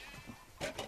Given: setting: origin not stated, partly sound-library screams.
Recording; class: one-second piece from a danger detection set; normal situation